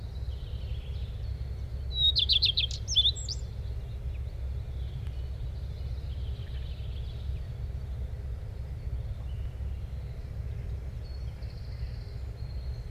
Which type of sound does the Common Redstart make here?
song